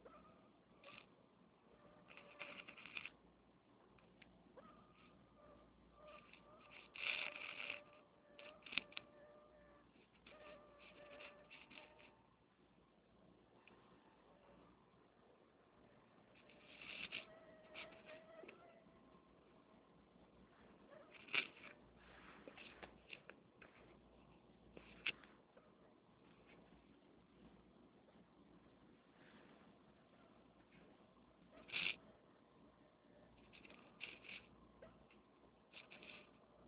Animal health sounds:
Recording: mosquito flight sound by mobile phone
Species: Anopheles minimus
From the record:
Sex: female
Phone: Nokia 6555B

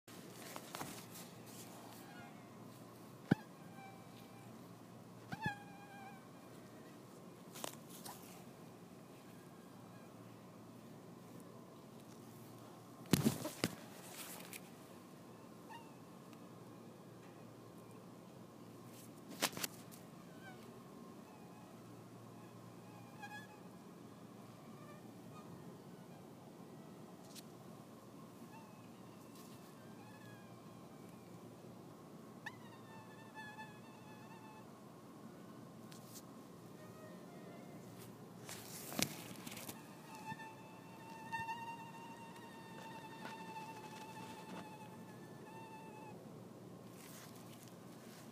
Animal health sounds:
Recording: mosquito flight sound by mobile phone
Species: Anopheles farauti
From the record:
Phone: iPhone 6

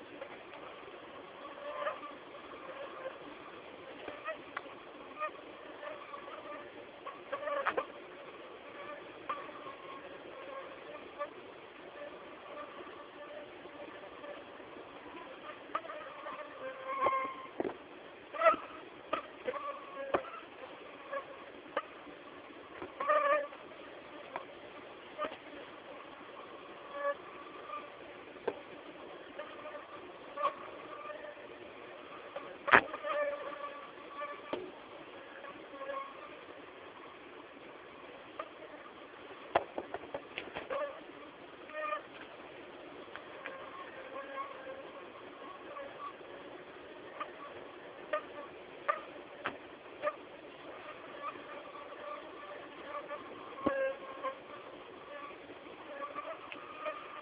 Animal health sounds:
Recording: mosquito flight sound by mobile phone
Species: Aedes aegypti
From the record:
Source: CDC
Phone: Samsung T209

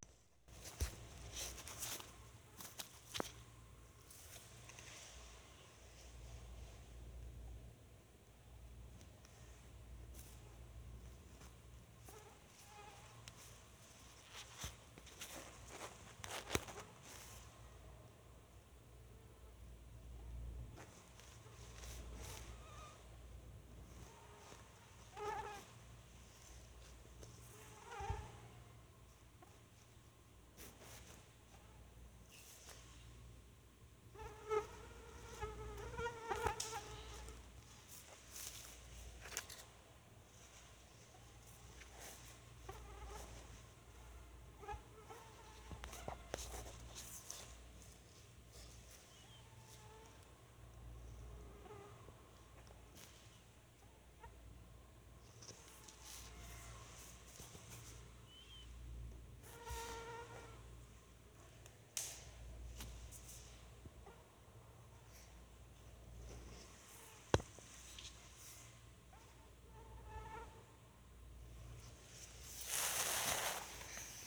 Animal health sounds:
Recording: mosquito flight sound by mobile phone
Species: Anopheles albimanus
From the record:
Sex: female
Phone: Sony Xperia

